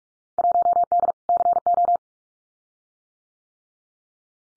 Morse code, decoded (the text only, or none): 1D CO